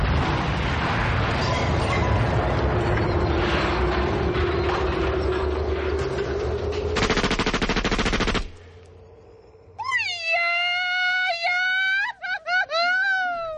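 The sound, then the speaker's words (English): Loud, rapid machine-gun fire rattles continuously for about eight seconds, then after a short lull a high, wavering yell from Mexico rises and falls, an exaggerated warbling cry, played as an old-school sign-off on the Tom Leykis radio show. “Hey, Tommy, can you take me out old school and with a machine gun and a yell from Mexico?”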